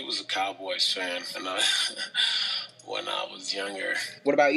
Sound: laughs